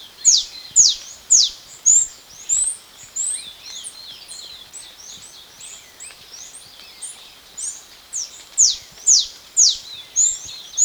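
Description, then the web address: Black-capped Hemispingus giving quick high chirps, loud sharp notes repeated about twice a second at the start and end, with softer twittering in between. Ecuador. "Birds of Ecuador. Black-Capped Hemispingus"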